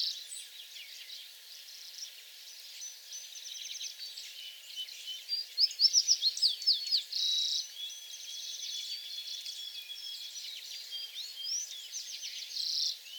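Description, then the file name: American tree sparrow songs, high sweet tinkling phrases with a brief louder burst of clear notes near the middle. Songs on 28 April 2022. "2022-04-28 American Tree Sparrow songs"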